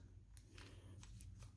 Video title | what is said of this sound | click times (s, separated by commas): Bosch Brushless Flexiclick GSR12V-300FCB22 Unboxing | looks like you have to pull the collet down and then push it in, and now it's locked in place. | 0.4 s